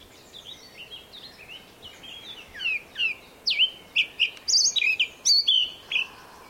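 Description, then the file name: Eurasian blackcap song: soft, scratchy twittering at first, building into louder, clear whistled and warbled notes delivered in rapid succession. "Sylvia atricapilla"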